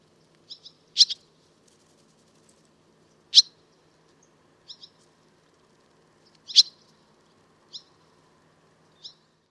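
Barn swallow calls: short, sharp, high chirps and twitters given in scattered pairs and singles, with quiet gaps between them and a faint low hum beneath.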